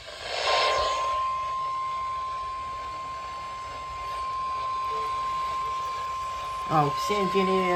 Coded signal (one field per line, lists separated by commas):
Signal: Emergency Alert System (SAME) tones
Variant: 1050 Hz attention tone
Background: speech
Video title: Christmas In July Storms: EAS Alerts From 7/25/25 (EAS #5577-5644)